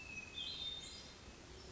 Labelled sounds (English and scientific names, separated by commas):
Hermit Thrush (Catharus guttatus)